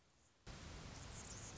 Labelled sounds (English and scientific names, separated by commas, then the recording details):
Anna's Hummingbird (Calypte anna)
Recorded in Sonoma County, California